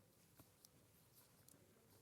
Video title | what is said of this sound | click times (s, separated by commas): Wake up to Creative Experssions 07/11/2022 | you'll hear it click | 0.6 s, 1.5 s